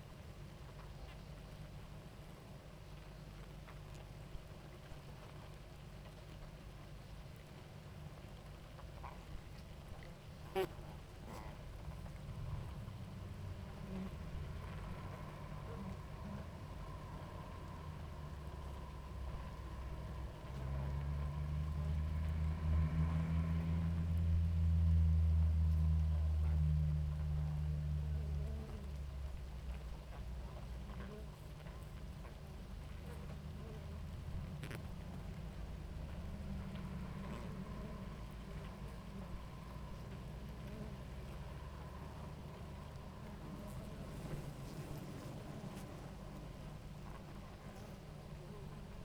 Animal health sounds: honeybee colony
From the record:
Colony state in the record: active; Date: 28 July 2017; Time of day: 18:35

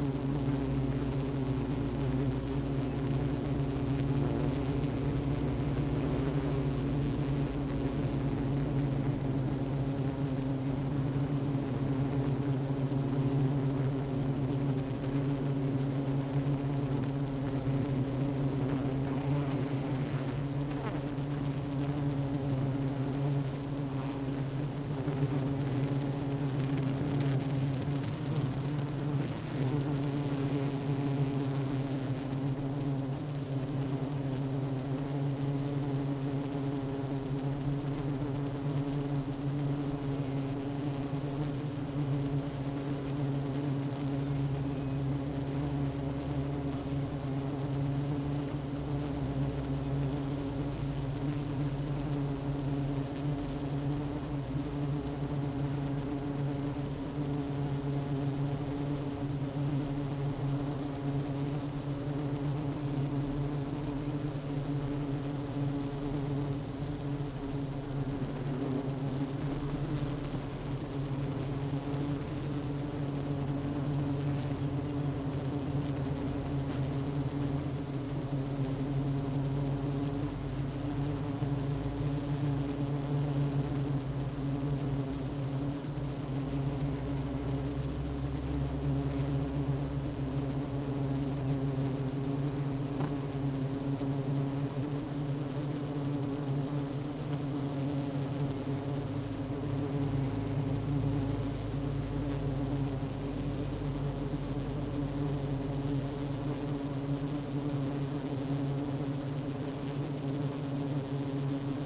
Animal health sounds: honeybee colony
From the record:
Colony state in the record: active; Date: 12 June 2018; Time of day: 10:01

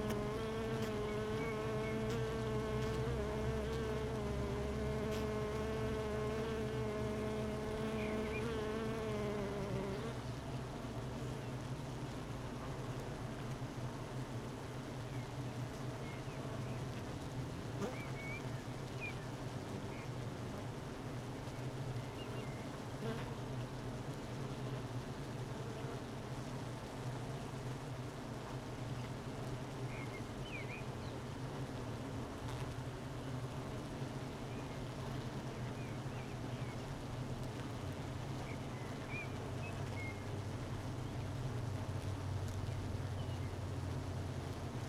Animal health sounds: honeybee colony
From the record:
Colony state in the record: missing queen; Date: 31 May 2018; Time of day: 12:07

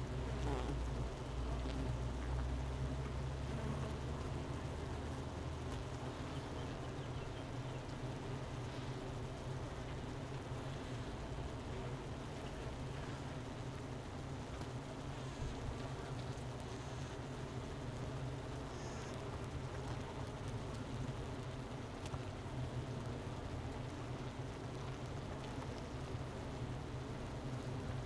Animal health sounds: honeybee colony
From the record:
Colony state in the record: missing queen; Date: 31 May 2018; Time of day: 11:35

